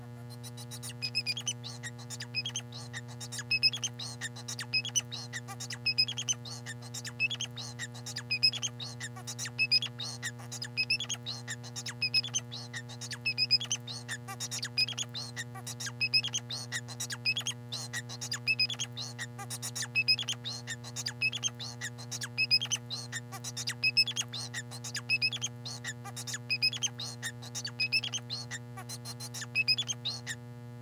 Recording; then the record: song of a male Bengalese finch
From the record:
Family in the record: son of father 4